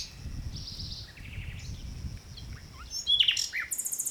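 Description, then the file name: Common nightingale giving faint scattered whistles and chirps over low rumbling background noise, ending in a quick series of high repeated notes. "Luscinia megarhynchos"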